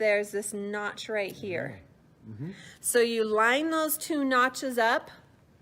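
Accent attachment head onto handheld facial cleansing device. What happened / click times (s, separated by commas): The plastic tip is being lined up but has not seated yet / none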